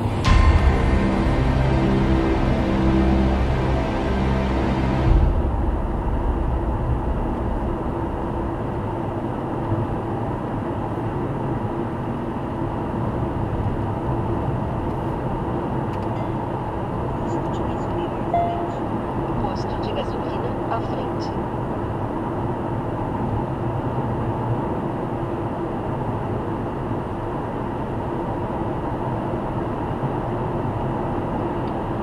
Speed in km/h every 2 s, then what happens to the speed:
97, 99, 101, 102, 102, 103, 106, 108, 107, 105, 105, 106, 108, 109, 112, 113.
0-32 speeds up to 113.